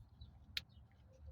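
After the terminals are reseated because the wires were not all the way in, a plastic terminal lock/guide is pushed into a transmission harness plug during a 4L60E to 4L80E pin swap. A sharp, bright click is heard at 0.6 s over a low background hum, and the pin lock seats into place.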